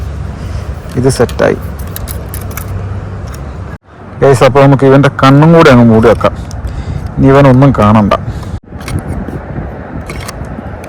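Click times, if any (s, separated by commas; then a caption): none. After the arms of a DJI Mini 4 Pro drone are folded, someone handles a plastic gimbal protector, fitting it over the drone's camera gimbal to cover the camera. Small plastic clicks and taps are heard around 2.0–2.6 s and near 8.9 s and 10.1–10.8 s, with someone talking in between. Nothing has seated or clicked into place yet.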